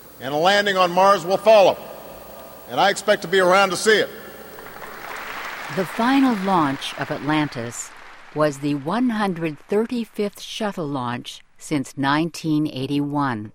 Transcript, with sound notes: And a landing on Mars will follow. And I expect to be around to see [Applause]
The final launch of Atlantis was the one hundred thirty-fifth shuttle launch since nineteen eighty-one.